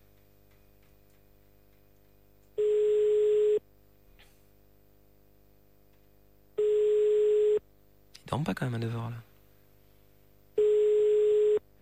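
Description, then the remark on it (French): A telephone ringback tone on an outgoing call to Flémal, sounding in three steady, evenly spaced bursts of about a second each, with a man briefly speaking in the gap between the second and third. “Il faut le temps qu'il se bouge jusqu'au téléphone.”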